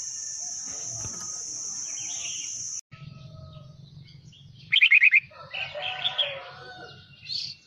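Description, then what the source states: Red-whiskered bulbul song: after a steady high insect-like whine stops, a quick trilled chirp comes, then cheerful warbled phrases; a low hum sits underneath. Wild bird singing in the Vietnamese 'giọng rừng' (forest voice) style.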